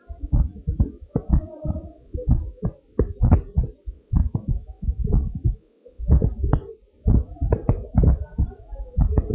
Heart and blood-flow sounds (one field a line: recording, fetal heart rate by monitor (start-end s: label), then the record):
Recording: heart sounds of a pregnant woman by stethoscope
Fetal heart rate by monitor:
no fetal heartbeat
From the record:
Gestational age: 37 weeks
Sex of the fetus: boy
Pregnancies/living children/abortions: 4/3/0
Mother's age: 40 years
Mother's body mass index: 28.6